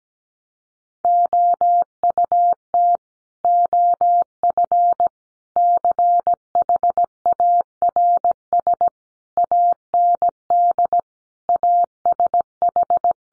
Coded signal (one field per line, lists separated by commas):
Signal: Morse code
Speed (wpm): 17 wpm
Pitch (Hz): 700 Hz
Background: none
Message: OUT OF CHARS AND ASH